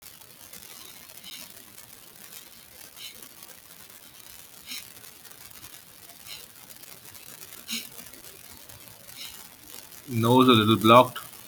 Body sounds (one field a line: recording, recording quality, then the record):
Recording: shallow breathing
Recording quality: poor, much background noise or distortion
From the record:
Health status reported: healthy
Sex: male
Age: 44 years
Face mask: not worn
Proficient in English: yes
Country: India